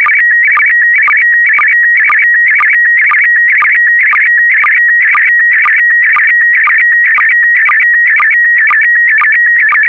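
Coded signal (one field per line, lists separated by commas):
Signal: SSTV (slow-scan television)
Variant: PD120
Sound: rapid warbling electronic tone with brief steady notes, ticking twice a second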